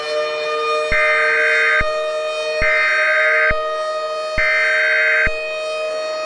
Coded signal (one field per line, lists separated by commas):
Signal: Emergency Alert System (SAME) tones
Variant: header bursts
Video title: Eas scenario 4: I-ready characters attack